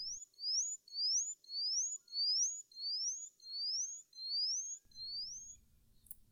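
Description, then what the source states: Indian bush lark song: a steady series of several high, thin, upslurred whistled notes, then quiet with faint low background noise. Musical, melodious song, often sung from a low perch.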